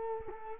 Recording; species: mosquito wingbeat signal from an infrared sensor; Culex quinquefasciatus